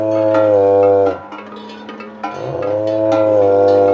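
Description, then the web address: Kouprey mooing twice in long, full calls separated by a brief quieter stretch with clicks. "Kouprey. صدای-گاو-کامبوجی"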